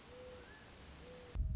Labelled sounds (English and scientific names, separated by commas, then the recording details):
Mourning Dove (Zenaida macroura)
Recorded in Sonoma County, California